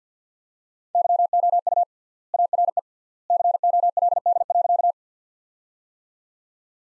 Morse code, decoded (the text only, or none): YOU ARE COLD.